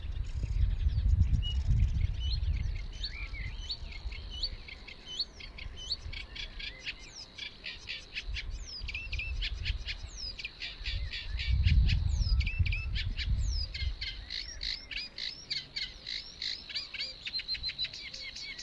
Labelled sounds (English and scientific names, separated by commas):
Eurasian Reed Warbler (Acrocephalus scirpaceus) song